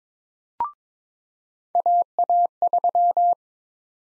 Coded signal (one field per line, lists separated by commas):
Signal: Morse code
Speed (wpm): 22 wpm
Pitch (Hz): 700 Hz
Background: none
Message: AA3